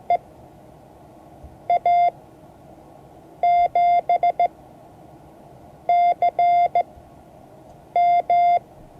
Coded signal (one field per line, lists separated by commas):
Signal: Morse code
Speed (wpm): 15 wpm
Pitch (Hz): 690 Hz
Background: none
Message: EA7CM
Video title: Morse code class 2024-07-21 (1 of 12)